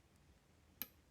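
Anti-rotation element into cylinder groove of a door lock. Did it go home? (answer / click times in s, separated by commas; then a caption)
yes / 0.8 s. A small spring-loaded anti-rotation element in a Vachette Volt a2p* dimple door lock snaps into a groove in the cylinder as the cylinder is turned. A single short, sharp click is heard at 0.8 s against a quiet background, and the element has seated in the groove.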